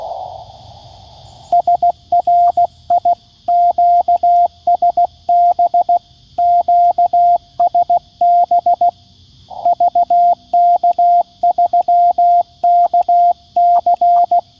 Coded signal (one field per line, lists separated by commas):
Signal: Morse code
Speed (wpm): 16 wpm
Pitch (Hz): 700 Hz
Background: radio noise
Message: SRI QSB QSB VK3KC